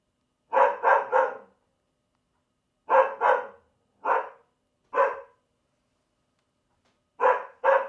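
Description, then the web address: Dog barking in irregular bursts of one to three sharp, gruff barks separated by silent gaps of up to about two seconds. "Tom Hutchings Dog Barking"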